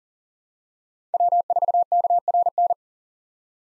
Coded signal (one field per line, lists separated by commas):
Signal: Morse code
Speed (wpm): 37 wpm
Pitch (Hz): 700 Hz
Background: none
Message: W4KRN